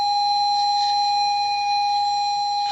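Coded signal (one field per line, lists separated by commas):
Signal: ZX Spectrum tape loading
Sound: a steady, buzzy mid-pitched lead tone held throughout, with no data screech yet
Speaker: so i'm about to load a game into my spectrum emulator and it's one of my favorite games when i was a child it's called jetpack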